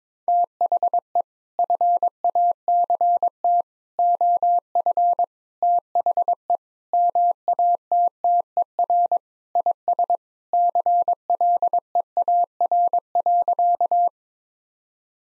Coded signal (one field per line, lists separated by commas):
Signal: Morse code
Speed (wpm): 22 wpm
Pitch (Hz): 700 Hz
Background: none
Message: THE FACT OF THE MATTER IS CLEAR.